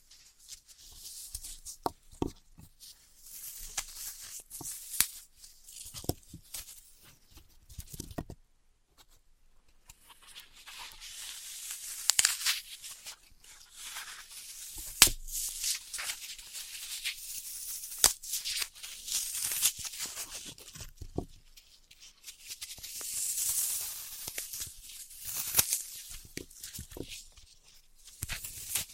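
Floral foam being tapped, cut and crushed, with bursts of bright crumbly scraping and sharp taps scattered irregularly throughout, pausing briefly between bursts.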